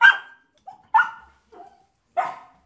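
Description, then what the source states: Dog giving short, hoarse barks, three loud woofs with softer whining yelps between them, over about three seconds. Begging woof.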